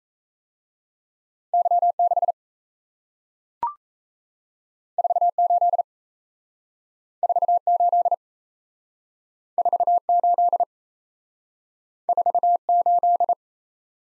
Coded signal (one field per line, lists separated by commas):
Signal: Morse code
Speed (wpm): 37 wpm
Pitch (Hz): 700 Hz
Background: none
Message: Y 6 4 8 4 8 4 8 4 8